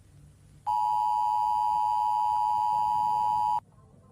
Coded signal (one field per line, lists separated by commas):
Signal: Emergency Alert System (SAME) tones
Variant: 853 and 960 Hz attention tone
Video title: Ann Makes And Fake Emergency Alert System/Grounded